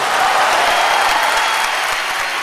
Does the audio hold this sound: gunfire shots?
no